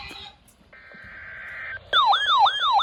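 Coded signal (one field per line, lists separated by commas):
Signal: Emergency Alert System (SAME) tones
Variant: header bursts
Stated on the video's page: Real severe thunderstorm warning received on NOAA Weather Radio station KHB32.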